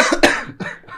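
A single sharp, forceful cough burst from an adult, followed by a weaker second expulsion about a third of a second later, in a small room. It is an ordinary isolated cough with no wheeze or stridor audible.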